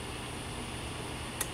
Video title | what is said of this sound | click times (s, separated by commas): Cheapest lock Ever "Presto Lock 2620" Opening with a magnet.(No Trick) | you put it on the magnet i just heard it click just now | 1.4 s